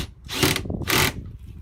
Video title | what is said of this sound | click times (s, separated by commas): How to Build a Gate or door from scratch using timber, no metal frame just wood | You hear the clicking, that's the brake. | 0.6 s, 0.7 s, 0.8 s